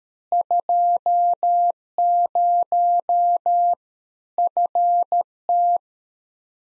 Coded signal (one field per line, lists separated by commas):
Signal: Morse code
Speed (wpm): 13 wpm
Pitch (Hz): 700 Hz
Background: none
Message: 20 FT